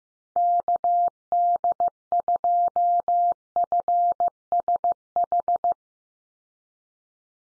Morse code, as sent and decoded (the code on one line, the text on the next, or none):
-.- -.. ..--- ..-. ... ....
KD2FSH